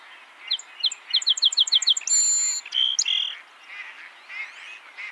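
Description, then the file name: Song sparrow singing a fast run of crisp repeated notes, then a buzzy held note and a couple of whistles. "Melospiza melodia - Song Sparrow"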